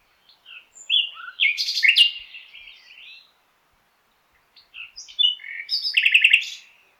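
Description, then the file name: Common nightingale song in two phrases separated by a pause, each with varied sharp whistles and rapid buzzy notes. "Luscinia megarhynchos"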